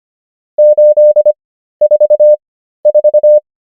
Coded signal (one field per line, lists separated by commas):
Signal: Morse code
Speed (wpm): 25 wpm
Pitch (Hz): 600 Hz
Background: none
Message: 844